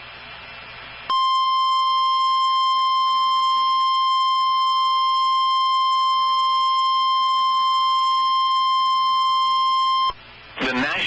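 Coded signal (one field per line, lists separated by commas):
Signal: Emergency Alert System (SAME) tones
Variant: 1050 Hz attention tone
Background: speech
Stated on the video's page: Severe thunderstorm warning from the Tulsa office, broadcast on NOAA Weather Radio station KIH27.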